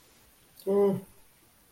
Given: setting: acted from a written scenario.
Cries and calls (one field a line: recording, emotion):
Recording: vocal sound without words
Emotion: neutral